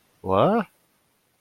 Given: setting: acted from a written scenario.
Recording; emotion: vocal sound without words; confusion